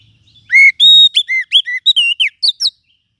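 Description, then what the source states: Lovebird calls: a loud burst of shrill, whistled chirps, around ten short notes in quick succession, some rising and some falling, over two seconds. Calls used as a bird-catching lure (pikat).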